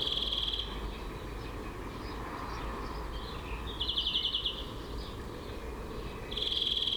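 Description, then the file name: European greenfinch trills at the start, middle and end, each a fast buzzy rattle, with quiet twittering between. "Chloris chloris"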